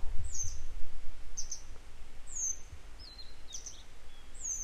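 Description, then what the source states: Grey wagtail repeating high, thin, falling call notes at irregular intervals, some doubled, over continuous low-frequency background noise. A pair of grey wagtails still searching for their young today; follow-up recording.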